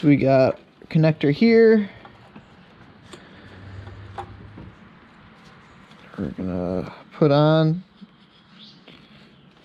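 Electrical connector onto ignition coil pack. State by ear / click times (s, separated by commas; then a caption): seated / 8.9 s. Someone talks while the electrical connector is pushed onto an ignition coil pack on a 2006 Subaru WRX during spark plug replacement, with faint scraping and rubbing between the words. The connector clicks in at 8.9 s, latching onto the coil pack and seating.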